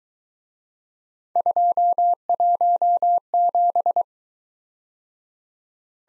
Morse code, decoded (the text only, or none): 217